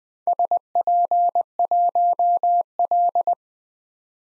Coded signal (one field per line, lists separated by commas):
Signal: Morse code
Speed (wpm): 20 wpm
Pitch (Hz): 700 Hz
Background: none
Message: SP1L